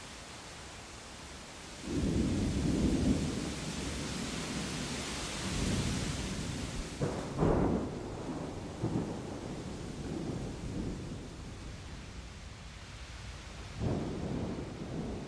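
Steady rain hisses throughout while thunder rolls in low, deep rumbles. A heavy burst begins around two seconds, another swells near six to eight seconds with a sharper crack, and a final rumble comes around fourteen seconds, the rain continuing between them.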